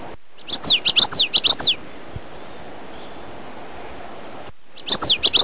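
Common yellowthroat giving a snappy, rolling phrase of repeated high downslurred notes, then a quiet gap before the song starts again.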